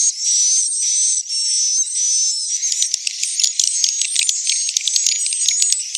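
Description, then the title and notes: Swiftlet twittering calls, a high thin whistle at first, then rapid buzzy chirps and clicks crowding together in a steady chatter. Sound used for swiftlet farming in Asia. "Swiflet Bird Sound. Farming Swiflet Bird asia sound"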